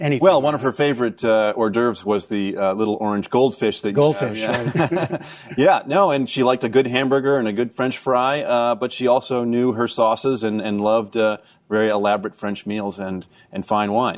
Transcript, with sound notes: Well, one of her favorite hors d'oeuvre was the little orange goldfish that...
Goldfish.
(LAUGHTER) Yes. No, and she liked a good hamburger and a good french fry. But she also knew her sauces and loved very elaborate French meals and fine wines.